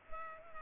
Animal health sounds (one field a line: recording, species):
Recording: mosquito wingbeat signal from an infrared sensor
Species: Culex pipiens